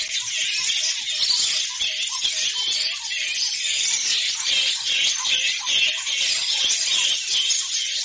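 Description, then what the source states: Flying fox colony chatter, a dense continuous mass of high squeaks, chitters and squeals overlapping throughout. Flying fox colony on the Yarra River in Melbourne, Australia; described as one of the last fragments of ancient acoustic Australia.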